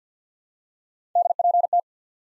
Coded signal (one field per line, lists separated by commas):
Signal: Morse code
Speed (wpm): 53 wpm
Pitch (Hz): 700 Hz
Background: none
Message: DPT